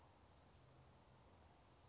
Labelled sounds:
Western Flycatcher (Empidonax difficilis)

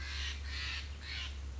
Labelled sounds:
Steller's Jay (Cyanocitta stelleri)

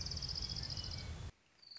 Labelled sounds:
Orange-crowned Warbler (Leiothlypis celata)

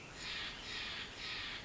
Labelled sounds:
Steller's Jay (Cyanocitta stelleri)

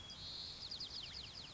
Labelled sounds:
White-crowned Sparrow (Zonotrichia leucophrys)

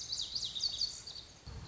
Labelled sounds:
Lazuli Bunting (Passerina amoena)

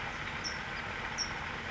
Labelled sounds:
California Towhee (Melozone crissalis)

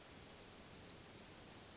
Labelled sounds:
Brown Creeper (Certhia americana)

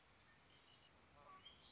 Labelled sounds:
Red-winged Blackbird (Agelaius phoeniceus)

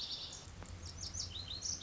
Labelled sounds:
Lazuli Bunting (Passerina amoena)

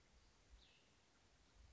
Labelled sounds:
Cassin's Vireo (Vireo cassinii)

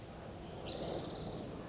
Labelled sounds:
Spotted Towhee (Pipilo maculatus)

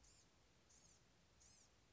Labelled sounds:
Blue-gray Gnatcatcher (Polioptila caerulea)

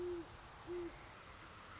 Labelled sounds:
Great Horned Owl (Bubo virginianus)

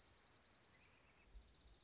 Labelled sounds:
Dark-eyed Junco (Junco hyemalis)

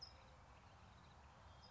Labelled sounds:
California Towhee (Melozone crissalis)

